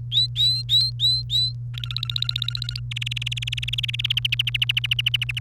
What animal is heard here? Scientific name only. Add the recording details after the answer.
Serinus canaria. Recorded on 1 May 2018 at 15:29. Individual llb3